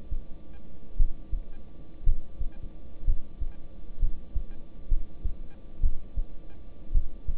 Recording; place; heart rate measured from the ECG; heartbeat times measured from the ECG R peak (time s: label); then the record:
heart sounds by stethoscope; between the tricuspid and mitral areas; 60 bpm
0.97 s: heartbeat
2.04 s: heartbeat
3.05 s: heartbeat
4.00 s: heartbeat
4.89 s: heartbeat
5.81 s: heartbeat
6.92 s: heartbeat
From the record:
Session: rest, lying down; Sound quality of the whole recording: good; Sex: male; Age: 26 years